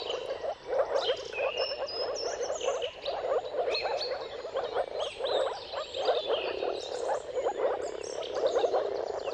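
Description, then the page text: Moor frogs give a steady bubbling, gurgling chorus that swells and dips, accompanied by birds whistling and chirping. Moor frogs giving mating calls in a chorus at sunrise, at the turn of March and April, timing depending on the weather. "Dawn’s Chorus: Mating Calls of Marsh Frogs at Sunrise. Depending on the weather at the turn of March and April, you can witness an amazing spectacle of moor frogs. Jakub Orzecki"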